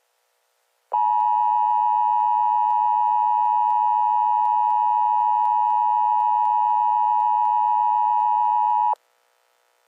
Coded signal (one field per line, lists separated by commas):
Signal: Emergency Alert System (SAME) tones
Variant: 853 and 960 Hz attention tone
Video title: Lake Michigan Twin Storms (EAS Scenario)